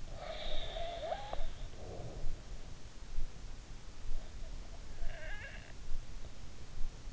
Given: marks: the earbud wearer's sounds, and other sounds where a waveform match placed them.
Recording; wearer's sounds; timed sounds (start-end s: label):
sounds in sleep by an in-ear microphone; breath, snoring breath
0.00-2.73 s: breath
4.39-5.95 s: snoring breath